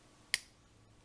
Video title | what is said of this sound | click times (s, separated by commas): [76] How To Learn The Binding Order When Picking Locks | Big click on 6. | 0.3 s